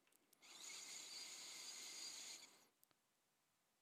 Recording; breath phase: one breath near a microphone; inhalation